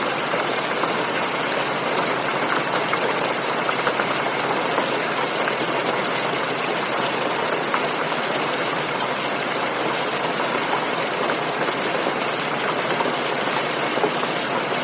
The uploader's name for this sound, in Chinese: 雷雨声